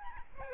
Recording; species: mosquito wingbeat signal from an infrared sensor; Aedes albopictus